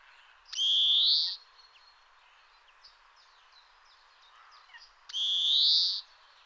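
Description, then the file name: European greenfinch repeating its long buzzy wheeze twice, about four and a half seconds apart, with faint soft twitters in between. "Chloris chloris"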